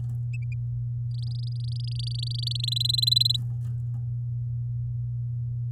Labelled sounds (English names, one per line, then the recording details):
Domestic Canary song
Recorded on 10 May 2018 at 13:36
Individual llb16